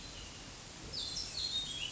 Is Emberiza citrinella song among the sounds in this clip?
no